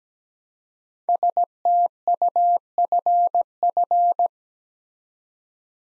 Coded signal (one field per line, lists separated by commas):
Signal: Morse code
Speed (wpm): 17 wpm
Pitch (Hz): 700 Hz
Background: none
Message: STUFF